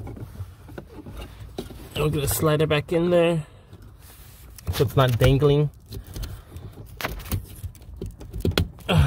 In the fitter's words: then you're gonna hit it hit hear it click and once it clicks it's